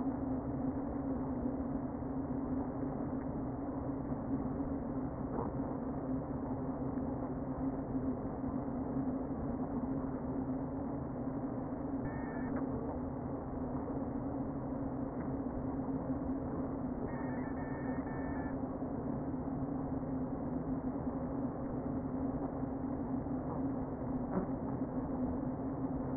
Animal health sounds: honeybee colony, microphone inside the hive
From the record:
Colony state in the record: queen present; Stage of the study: before two queens were removed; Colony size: about 60,000 bees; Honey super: yes

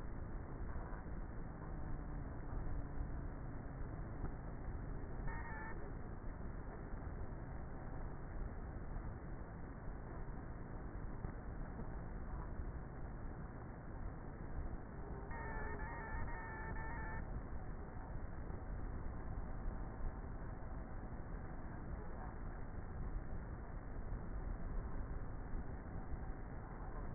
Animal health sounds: honeybee colony, microphone inside the hive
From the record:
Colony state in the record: queenless with a low population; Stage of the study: before two queens were removed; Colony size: about 30,000 bees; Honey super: no

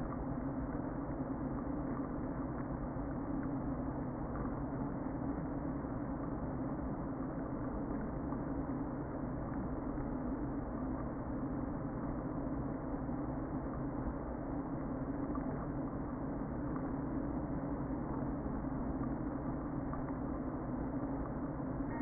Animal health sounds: honeybee colony, microphone inside the hive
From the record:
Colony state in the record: queen present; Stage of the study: before two queens were removed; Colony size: about 60,000 bees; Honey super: yes

